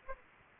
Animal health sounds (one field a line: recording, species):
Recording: mosquito wingbeat signal from an infrared sensor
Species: Aedes aegypti